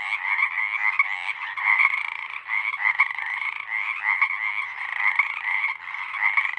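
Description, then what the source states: Dense chorus of Pacific Chorus Frogs, rapid ribbit-like creaks layered without pause, swelling and dipping slightly throughout. Full chorus of a single pod, night of April 21-22, 2019, Sinlahekin Valley; the chorus roars on for hours until the night air cools.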